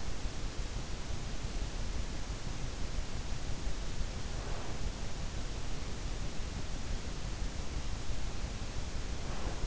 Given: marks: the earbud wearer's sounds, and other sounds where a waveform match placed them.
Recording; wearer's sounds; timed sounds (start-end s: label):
sounds in sleep by an in-ear microphone; breath
4.38-4.96 s: breath
9.21-9.67 s: breath